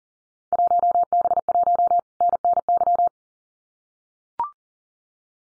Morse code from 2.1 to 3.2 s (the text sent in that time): NNY